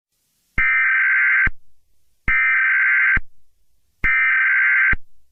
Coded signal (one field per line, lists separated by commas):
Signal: Emergency Alert System (SAME) tones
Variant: header bursts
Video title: EAS Scenario #80: Ghost Storm